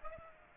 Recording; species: mosquito wingbeat signal from an infrared sensor; Aedes aegypti